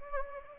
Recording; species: mosquito wingbeat signal from an infrared sensor; Anopheles gambiae